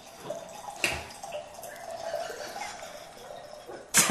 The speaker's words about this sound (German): Fritz setzt also an, aber Ralf gießt erst nochmal nach.